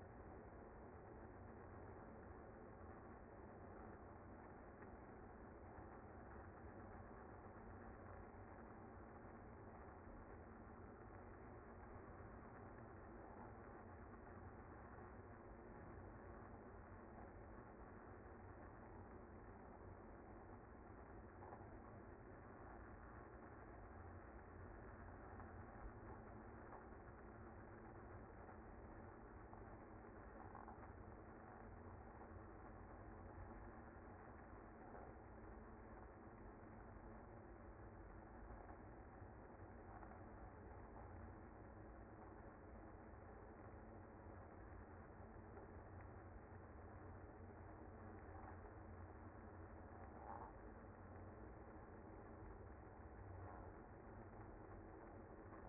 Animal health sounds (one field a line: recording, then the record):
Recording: honeybee colony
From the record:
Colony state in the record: active